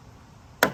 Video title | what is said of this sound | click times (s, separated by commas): TOYOTA 4RUNNER TRANSFORMATION • TRD PRO Roof Rack • How to/Installation | go underneath the rubber and the trim itself and pop it outwards. There | 0.6 s